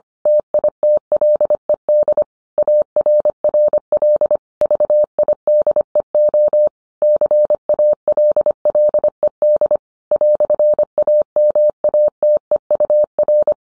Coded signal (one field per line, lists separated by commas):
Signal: Morse code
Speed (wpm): 25 wpm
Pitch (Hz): 600 Hz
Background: none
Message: TITLED ARRL VIDEO CALLED "AMATEUR